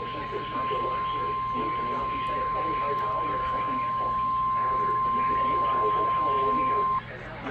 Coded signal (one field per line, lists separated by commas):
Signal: Emergency Alert System (SAME) tones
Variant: 1050 Hz attention tone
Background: speech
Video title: THE START OF SUMMER/EAS 2000!! EAS Alerts from 6/4/23 (EAS 1992-2017)